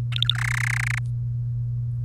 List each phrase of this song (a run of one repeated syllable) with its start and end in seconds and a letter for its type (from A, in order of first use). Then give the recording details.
0.12-0.34 A, 0.35-0.99 B. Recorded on 1 May 2018 at 18:08. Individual llb3